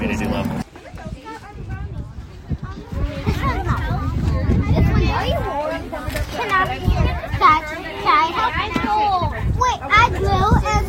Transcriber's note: nat sound: kids playing